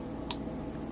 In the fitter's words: Okay, so here you heard the click. Now it's properly secured and it's connected properly.